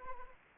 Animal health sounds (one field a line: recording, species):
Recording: mosquito wingbeat signal from an infrared sensor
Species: Anopheles arabiensis